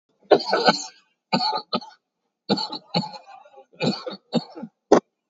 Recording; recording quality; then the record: heavy voluntary cough; excellent, no background noise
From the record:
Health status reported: COVID-19 positive, mild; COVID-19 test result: positive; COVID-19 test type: RT-PCR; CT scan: taken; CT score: 11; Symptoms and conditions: cough, cold, muscle pain, loss of smell and taste, diabetes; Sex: male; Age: 76 years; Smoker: no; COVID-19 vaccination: none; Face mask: worn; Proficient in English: yes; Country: India